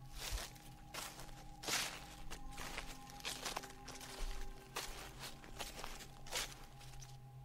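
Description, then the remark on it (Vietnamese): Footsteps walk outside a door in a steady, regular series of soft thuds, roughly two per second, over a constant low hum with no voices. “Đến lúc đó tôi chợt rùng mình, bởi vì bên ngoài cánh cửa tôi nghe tiếng bước chân đi.”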